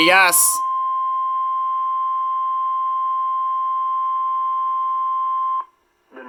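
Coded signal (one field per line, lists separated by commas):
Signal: Emergency Alert System (SAME) tones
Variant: 1050 Hz attention tone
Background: speech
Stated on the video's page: Real particularly dangerous situation tornado warning issued by the National Weather Service.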